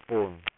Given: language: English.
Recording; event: throat vibration sensor signal played as sound; speech